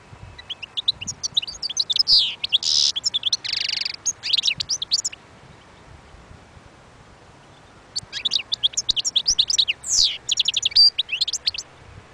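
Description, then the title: European goldfinch song, two bursts of fast tinkling twitters mixed with nasal buzzy notes, separated by about three seconds of near silence. Wild bird. "اجمل غناءالحسون الخلويchant chardonneret sauvage"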